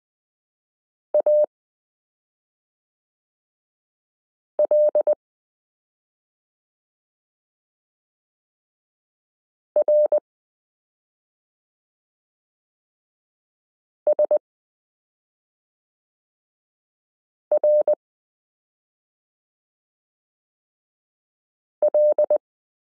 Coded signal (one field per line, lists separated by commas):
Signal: Morse code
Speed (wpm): 20 wpm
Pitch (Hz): 600 Hz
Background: none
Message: ALRSRL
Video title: Morse Code Listening Lesson 8 - m k r s u a p t l